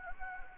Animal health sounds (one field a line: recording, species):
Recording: mosquito wingbeat signal from an infrared sensor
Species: Anopheles gambiae